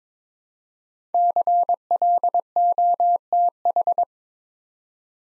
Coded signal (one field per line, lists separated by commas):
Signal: Morse code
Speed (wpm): 22 wpm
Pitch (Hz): 700 Hz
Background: none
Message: CLOTH